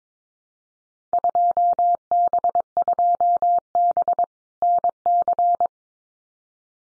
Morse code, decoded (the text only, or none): 2B2B NC